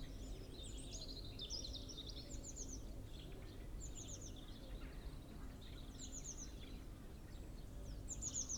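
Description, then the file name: Eurasian blue tit repeating tight groups of high, thin descending notes, with faint chirps and constant low rumble in the background. "Cyanistes caeruleus"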